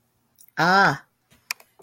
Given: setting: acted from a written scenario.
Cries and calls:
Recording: vocal sound without words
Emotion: neutral

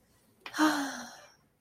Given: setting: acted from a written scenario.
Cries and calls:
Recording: vocal sound without words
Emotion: contentment

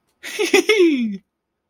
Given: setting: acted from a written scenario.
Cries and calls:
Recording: vocal sound without words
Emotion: elation

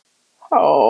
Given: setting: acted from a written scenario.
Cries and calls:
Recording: vocal sound without words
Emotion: shame

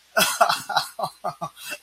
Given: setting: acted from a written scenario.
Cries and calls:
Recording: vocal sound without words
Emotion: amusement

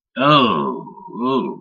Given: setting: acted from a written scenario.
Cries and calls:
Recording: vocal sound without words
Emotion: disgust

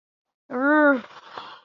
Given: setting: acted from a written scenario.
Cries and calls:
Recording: vocal sound without words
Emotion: guilt

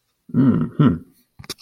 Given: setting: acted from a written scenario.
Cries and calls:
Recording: vocal sound without words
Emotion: pride

